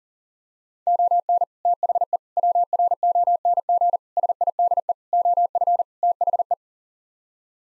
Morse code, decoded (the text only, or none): ON THE WRONG SIDE OF THE